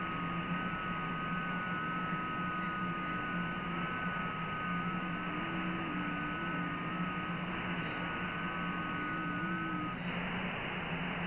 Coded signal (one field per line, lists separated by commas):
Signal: FT8